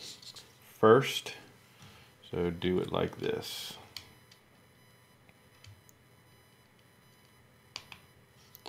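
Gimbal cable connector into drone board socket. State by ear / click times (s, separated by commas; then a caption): seated / 7.8 s. Someone talks while a gimbal ribbon cable connector is pressed into its board socket on the arm and body of a Hubsan Zino 2 Plus / Zino 2 drone during reassembly after replacing the front and back arms. A sharp click is heard at 7.8 s as the connector seats.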